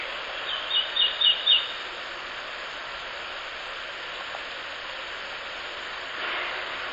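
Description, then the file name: Pale thrush calls, a quick series of four thin high notes about a quarter second apart, over steady background noise. "シロハラ 遠藤"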